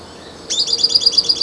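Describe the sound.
Bird call, a sharp high note followed by a rapid even trill of repeated chips.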